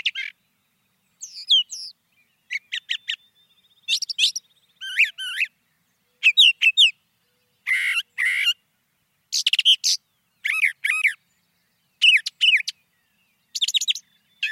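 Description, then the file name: Brown thrasher song: a long run of varied phrases separated by short pauses, with a thin steady whistle briefly underneath. "suara-kicauan-brown-thrasher 2-omkicau"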